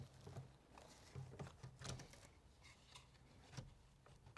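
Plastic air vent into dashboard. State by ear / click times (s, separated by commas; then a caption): not seated / none. Plastic dash air vents are handled and pushed back toward their openings in a 4Runner dashboard after a mount install, producing light scraping, tapping and rustling handling noises with a sharper tap near 1.9 s. Nothing has seated or clicked yet; the clip ends just before the vents go home.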